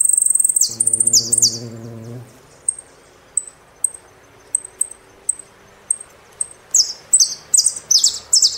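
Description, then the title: Saffron finch song: loud buzzy downslurred notes, then evenly spaced high chips, building again into harsh slurred notes; a lower rasping sound briefly underneath. "Jilguero Argentino"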